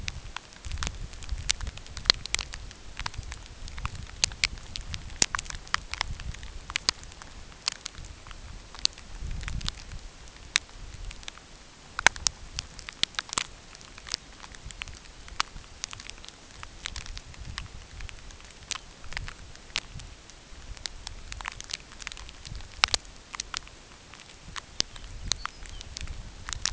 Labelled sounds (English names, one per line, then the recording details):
unidentified sound
Lapland Longspur
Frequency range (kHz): Lapland Longspur 2.6-5.6 kHz
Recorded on Arctic tundra, site UTQI-8, on 9 June 2019
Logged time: 16:00